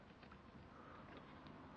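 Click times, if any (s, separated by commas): none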